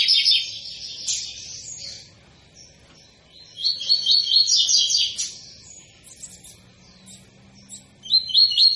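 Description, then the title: Double-collared seedeater delivering repeated bursts of high, buzzy, rapidly trilled song with short scratchy notes between phrases. Tui-tui song style, a spirited tutor song used for teaching young birds. "COLEIRO TUI TUI FIBRA"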